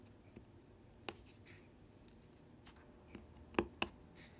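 Several resin diamond painting drills are pressed one after another into an adhesive canvas, each seating with a small, sharp click at 1.1, 3.6 and 3.8 seconds. Fainter taps and a low background hiss fill the rest of the clip.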